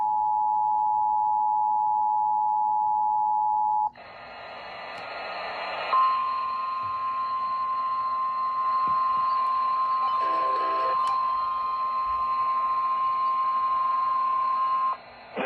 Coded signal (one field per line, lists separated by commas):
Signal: Emergency Alert System (SAME) tones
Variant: 853 and 960 Hz attention tone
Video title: (EAS) Tropical Like, I think? - EAS Alerts from 6/19/23-6/21/23